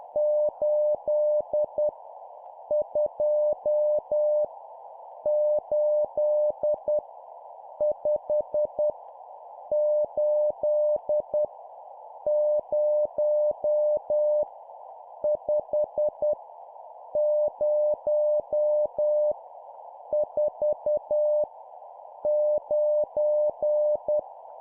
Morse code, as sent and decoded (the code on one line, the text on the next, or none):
---.. / ..--- / ---.. / ..... / ---.. / ----- / ..... / ----- / ....- / ----.
8 2 8 5 8 0 5 0 4 9